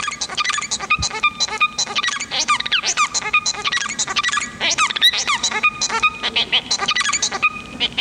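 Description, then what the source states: Bengalese finch song, a dense, rapid jumble of chattering notes, buzzy trills and short sweeping whistles packed closely together, steady and continuous throughout. Domesticated form of the white-rumped munia, selected for reproductive efficiency and white colour morph; song changed radically under domestication and is described as quite complicated.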